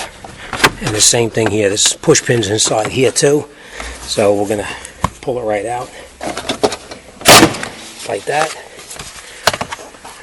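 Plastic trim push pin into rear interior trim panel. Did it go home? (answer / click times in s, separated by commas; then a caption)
yes / 9.5 s. During a rear strut replacement on a 2003–2007 Honda Accord, a plastic push-pin retainer is pulled out of the rear interior trim panel, then pressed back in. Someone talks throughout, and there are sharp plastic clicks and knocks along the way. The push pin snaps into the trim panel with a click at 9.5 s and is seated.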